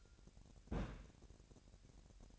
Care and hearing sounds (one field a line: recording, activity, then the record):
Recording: daily activity, microphone in the room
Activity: place on stove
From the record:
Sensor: 2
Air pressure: 1011.9 hPa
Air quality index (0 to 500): 203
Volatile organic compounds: 3 ppm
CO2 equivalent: 1438 ppm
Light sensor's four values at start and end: 62/149/62/59 and 62/149/61/59